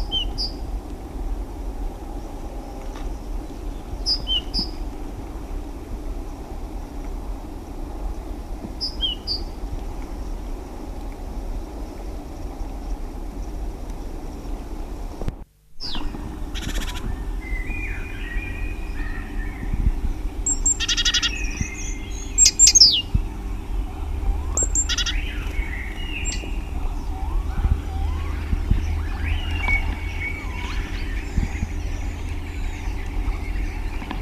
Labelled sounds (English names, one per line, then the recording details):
Great Tit song
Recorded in the wild
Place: Klein Süstedt, DE
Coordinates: 52.935, 10.4736
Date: 1970-03-23
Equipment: Uher Report 4200, AKG D190C in Doppel-Parabolreflektor
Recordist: Krey, Winfried